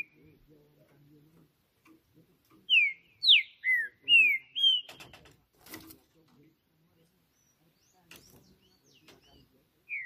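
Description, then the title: Green-winged saltator song of five loud slurred whistles, followed by sharp clatters and a final whistle, with faint low hum at the start. Singing on a roof in a singing contest, described as competing and showing male dominance behaviour. "Trinca Ferro CANTANDO MUITO de CARA em CIMA do TELHADO! Disputa INSANA!! TRINCA JUSTICEIRO & FBI"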